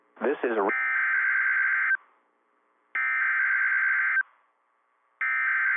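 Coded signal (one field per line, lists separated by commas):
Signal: Emergency Alert System (SAME) tones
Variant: header bursts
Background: speech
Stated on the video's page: Storm alerts from a NOAA weather radio station.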